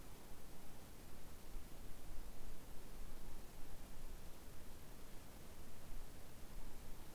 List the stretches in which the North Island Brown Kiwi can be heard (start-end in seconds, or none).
none